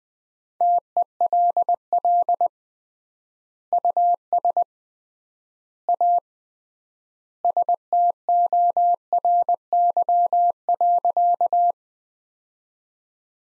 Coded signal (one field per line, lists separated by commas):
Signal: Morse code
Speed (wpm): 20 wpm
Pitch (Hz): 700 Hz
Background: none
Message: TELL US A STORY.